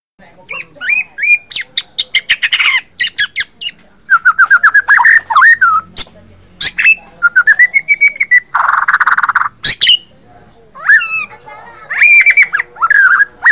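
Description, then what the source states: White-rumped shama song: loud fast whistles, clicking chips, a smooth arched whistle and a harsh rasping burst, mixed in a lively, ever-changing sequence. Captive white-rumped shama (murai batu) provoked into singing by a masteran training recording.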